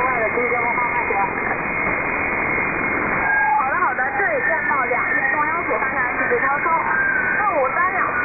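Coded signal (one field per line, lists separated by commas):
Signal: unidentified radio signal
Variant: VC03 (Chinese Robot cousin)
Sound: warbling, gliding electronic tones over hiss, like a robotic chirping voice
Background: radio static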